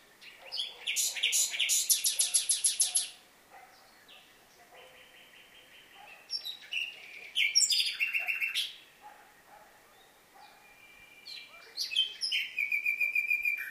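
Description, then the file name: Common nightingale delivering a fast, rattling trill, then varied chirping phrases and a final run of quick repeated notes, with short gaps between. "Luscinia megarhynchos"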